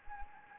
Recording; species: mosquito wingbeat signal from an infrared sensor; Anopheles arabiensis